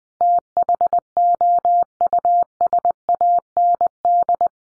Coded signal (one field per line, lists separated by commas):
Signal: Morse code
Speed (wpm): 20 wpm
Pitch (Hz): 700 Hz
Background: none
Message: THOUSAND